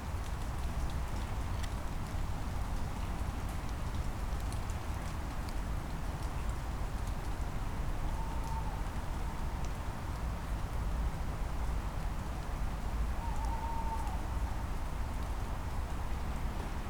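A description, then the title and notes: Rain falls steadily on a forest at night, a dense patter with scattered sharper drops over a deep, constant low rumble. Twice, at about eight and fourteen seconds, a faint short hoot, likely a tawny owl, sounds. Some highlights of a rainy night in Schönbuch, BaWü, DE. Recorded September 2022. Featuring Red Deer, Tawny Owl, and some rain.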